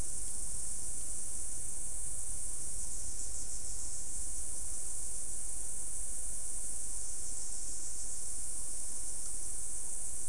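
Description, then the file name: Insect chorus giving a steady high-pitched hissing drone from start to finish, accompanied by low background rumble. "mainly insect"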